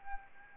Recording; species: mosquito wingbeat signal from an infrared sensor; Anopheles arabiensis